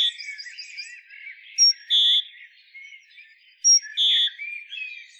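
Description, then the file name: Great tit calls: two paired notes about two seconds apart, a thin high pip then a longer clear note, with soft twittering and trills from other birds. "Parus major"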